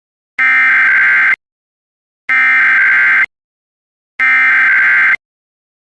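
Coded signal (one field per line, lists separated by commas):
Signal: Emergency Alert System (SAME) tones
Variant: header bursts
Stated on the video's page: Recreated mock EAS alert containing valid SAME tones.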